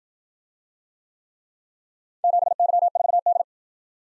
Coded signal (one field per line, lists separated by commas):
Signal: Morse code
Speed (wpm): 54 wpm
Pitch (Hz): 700 Hz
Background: none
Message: 7Y4D